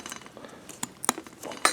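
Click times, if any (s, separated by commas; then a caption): 1.1 s, 1.6 s. A steel brake pad abutment clip is pushed onto the caliper bracket of a 2014 Honda Accord's front brakes, with faint light metallic ticks and handling noise before it. Sharp metallic clicks at 1.1 s and 1.7 s mark the clip seating into the bracket, confirmed in place.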